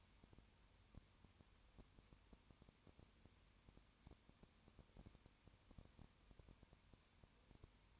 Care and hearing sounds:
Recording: daily activity, microphone in the room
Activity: no activity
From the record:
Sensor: 2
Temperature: 20.8 degrees Celsius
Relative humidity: 38.3%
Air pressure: 1010.4 hPa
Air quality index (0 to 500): 200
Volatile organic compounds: 19 ppm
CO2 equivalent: 2646 ppm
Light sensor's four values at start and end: 2/3/2/2 and 2/3/2/2

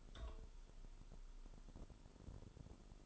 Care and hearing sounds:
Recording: daily activity, microphone in the room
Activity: take from stove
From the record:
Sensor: 5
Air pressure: 988.4 hPa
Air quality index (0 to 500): 201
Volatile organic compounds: 77 ppm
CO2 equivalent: 3579 ppm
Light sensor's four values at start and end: 47/140/55/59 and 47/139/54/59

